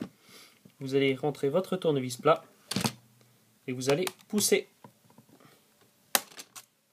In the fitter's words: Voilà, là vous avez entendu le clac.